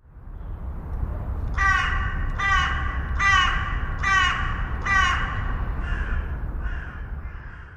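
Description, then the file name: Carrion crow calling: five harsh, raspy caws spaced under a second apart, followed by two or three weaker caws, over low background noise. "Corvus corone"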